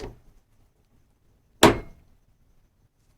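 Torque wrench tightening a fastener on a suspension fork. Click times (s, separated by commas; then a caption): 1.6 s. A torque wrench with a hand-driven socket tightens a fastener on a 2010 Rockshox SID RACE 26" front fork with remote lockout until it reaches its setting. After a faint knock at the start, one sharp, loud click rings out at 1.6 s, then fades over a few tenths of a second into quiet. The wrench clicks at its set torque.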